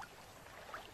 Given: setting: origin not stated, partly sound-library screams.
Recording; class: one-second piece from a danger detection set; normal situation